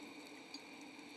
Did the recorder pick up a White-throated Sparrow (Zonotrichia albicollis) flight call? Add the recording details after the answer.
no. No flight call is heard. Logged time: 23:27 on 1 November 2014